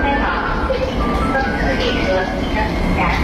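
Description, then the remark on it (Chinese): A subway train pulling into a platform as a family queues on footprint markers to board, a steady low rumble and hiss with faint tonal chiming layered over it, constant in loudness throughout, with indistinct voices mixed in. “来，宝贝儿，你看地铁来了，咱们一起排队上车喽。”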